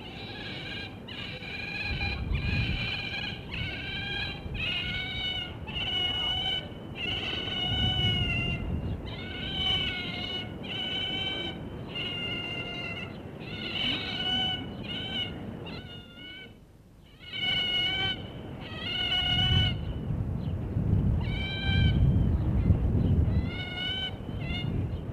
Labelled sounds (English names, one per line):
European Otter call